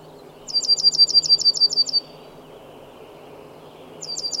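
Bird song made of a quick series of high, identical notes, about nine in a row, followed by quiet and the start of another burst at the end.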